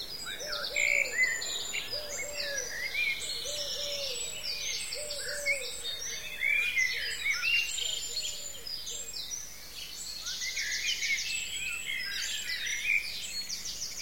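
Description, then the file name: Birds sing in a full chorus of bright whistles, trills and chirps, while a lower repeated note pulses steadily through the first half. "zvuki peniia ptits"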